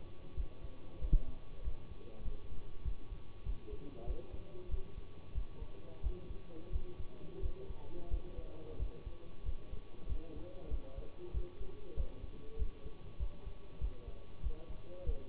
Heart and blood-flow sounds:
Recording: heart sounds by stethoscope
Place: between the tricuspid and mitral areas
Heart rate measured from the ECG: 94 bpm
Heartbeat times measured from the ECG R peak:
0.32 s: heartbeat
0.97 s: heartbeat
1.60 s: heartbeat
2.20 s: heartbeat
2.80 s: heartbeat
3.41 s: heartbeat
4.03 s: heartbeat
4.67 s: heartbeat
5.30 s: heartbeat
5.99 s: heartbeat
6.68 s: heartbeat
7.38 s: heartbeat
8.06 s: heartbeat
8.75 s: heartbeat
9.41 s: heartbeat
10.05 s: heartbeat
10.66 s: heartbeat
11.30 s: heartbeat
11.93 s: heartbeat
12.55 s: heartbeat
13.15 s: heartbeat
13.77 s: heartbeat
14.39 s: heartbeat
15.02 s: heartbeat
From the record:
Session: bicycle stress test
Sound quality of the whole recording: good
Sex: male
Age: 24 years

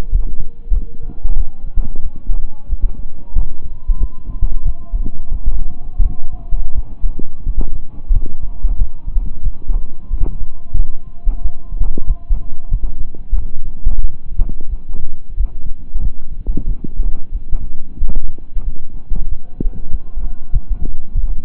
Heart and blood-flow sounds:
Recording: heart sounds by stethoscope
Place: between the tricuspid and mitral areas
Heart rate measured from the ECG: 91 bpm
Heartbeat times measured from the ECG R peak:
0.10 s: heartbeat
0.71 s: heartbeat
1.35 s: heartbeat
2.00 s: heartbeat
2.67 s: heartbeat
3.33 s: heartbeat
3.98 s: heartbeat
4.63 s: heartbeat
5.29 s: heartbeat
6.00 s: heartbeat
6.73 s: heartbeat
7.44 s: heartbeat
8.11 s: heartbeat
8.76 s: heartbeat
9.41 s: heartbeat
10.08 s: heartbeat
10.74 s: heartbeat
11.40 s: heartbeat
12.05 s: heartbeat
12.69 s: heartbeat
13.32 s: heartbeat
13.99 s: heartbeat
14.67 s: heartbeat
15.35 s: heartbeat
16.00 s: heartbeat
16.65 s: heartbeat
17.30 s: heartbeat
17.97 s: heartbeat
18.62 s: heartbeat
19.27 s: heartbeat
19.89 s: heartbeat
20.51 s: heartbeat
21.13 s: heartbeat
From the record:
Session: slow and fast walking with breaks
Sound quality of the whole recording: saturated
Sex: male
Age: 25 years

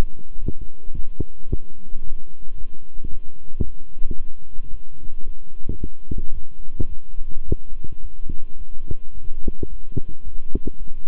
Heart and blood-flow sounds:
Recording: heart sounds by stethoscope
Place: between the tricuspid and mitral areas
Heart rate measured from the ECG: 110 bpm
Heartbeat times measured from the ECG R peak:
0.39 s: heartbeat
0.94 s: heartbeat
1.48 s: heartbeat
2.02 s: heartbeat
2.56 s: heartbeat
3.09 s: heartbeat
3.63 s: heartbeat
4.16 s: heartbeat
4.70 s: heartbeat
5.24 s: heartbeat
5.78 s: heartbeat
6.33 s: heartbeat
6.88 s: heartbeat
7.44 s: heartbeat
8.00 s: heartbeat
8.56 s: heartbeat
9.13 s: heartbeat
9.68 s: heartbeat
10.23 s: heartbeat
10.78 s: heartbeat
From the record:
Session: walking at 3.7 km/h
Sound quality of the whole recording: good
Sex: male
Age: 26 years

